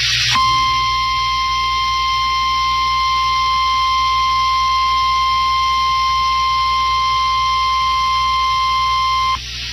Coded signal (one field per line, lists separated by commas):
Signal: Emergency Alert System (SAME) tones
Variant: 1050 Hz attention tone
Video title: TORNADO WARNING on WDSD-FM [EAS #1,500]